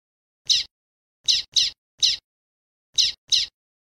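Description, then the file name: Common waxbill uttering six short, buzzy, high-pitched notes, some in quick pairs, separated by silent gaps. "canto do bico de lacre"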